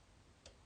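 A glass bead is worked into the gap between the warp threads on a bead loom. A single short, bright click sounds at 0.5 s over a faint steady background. The bead seats in place between the threads.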